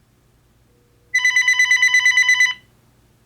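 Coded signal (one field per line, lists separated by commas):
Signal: none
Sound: cordless phone ringing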